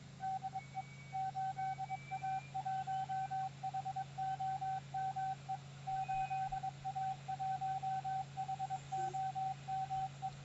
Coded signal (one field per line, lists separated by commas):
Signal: Morse code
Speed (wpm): 23 wpm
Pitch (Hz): 760 Hz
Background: radio noise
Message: DE 8A1HOME 8A1HOME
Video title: 8A1HOME op. YF1CRR 40 m. CW 28th. May 2020